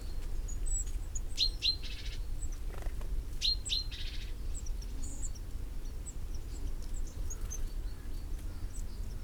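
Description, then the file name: Great tit call: two high notes and a brief buzzy churr, heard twice about two seconds apart, over steady low background noise and faint high twitters. "Parus major"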